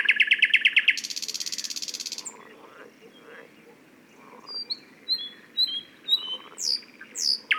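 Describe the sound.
Thrush nightingale finishing a loud clicking series and buzzy rattle, then a quiet stretch before descending whistles repeated several times.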